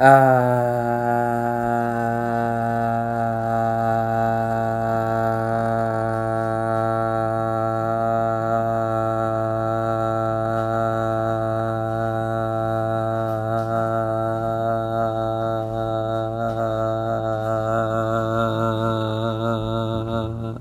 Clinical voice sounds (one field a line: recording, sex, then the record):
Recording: sustained vowel /a/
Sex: male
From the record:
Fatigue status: no fatigue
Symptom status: asymptomatic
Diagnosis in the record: COVID-19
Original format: m4a